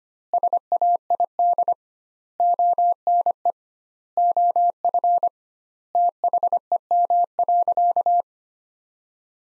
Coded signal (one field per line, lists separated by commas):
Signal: Morse code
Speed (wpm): 25 wpm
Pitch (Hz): 700 Hz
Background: none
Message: SAID ONE OF THEM.